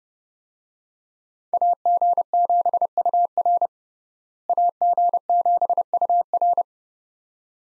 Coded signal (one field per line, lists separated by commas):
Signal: Morse code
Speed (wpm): 32 wpm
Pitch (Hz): 700 Hz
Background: none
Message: AG7UR AG7UR